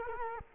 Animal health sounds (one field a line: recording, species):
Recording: mosquito wingbeat signal from an infrared sensor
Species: Culex quinquefasciatus